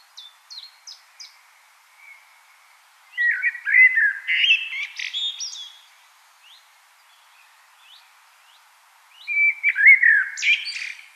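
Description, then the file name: Common blackbird song: a few soft high chips open, then two separate phrases of mellow warbling with a quiet gap between, each finishing with scratchy, twittering high notes. "Turdus merula"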